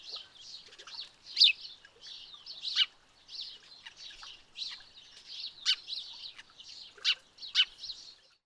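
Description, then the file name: House sparrow chirps: continuous busy chirping, with louder sharp notes breaking through irregularly. "Passer domesticus"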